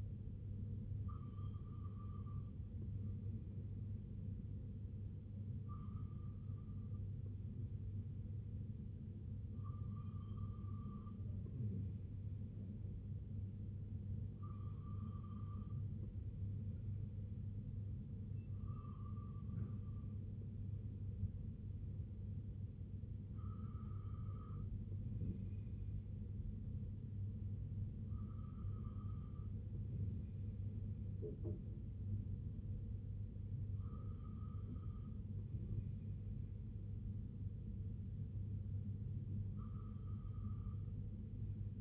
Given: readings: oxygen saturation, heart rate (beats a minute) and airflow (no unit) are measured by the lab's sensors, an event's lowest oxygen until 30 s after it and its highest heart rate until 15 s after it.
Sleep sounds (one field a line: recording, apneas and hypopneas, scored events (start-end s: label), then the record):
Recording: breathing in sleep by a smartphone at the bedside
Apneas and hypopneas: none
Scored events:
none scored
From the record:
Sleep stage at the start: N2 (light sleep)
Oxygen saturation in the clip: 94 to 96%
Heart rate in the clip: 61 to 70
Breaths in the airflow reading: 9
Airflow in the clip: -6.0 to 3.0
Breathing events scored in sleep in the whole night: 258 in 7.4 hours asleep